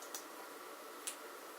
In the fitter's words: I liked how it clicks into place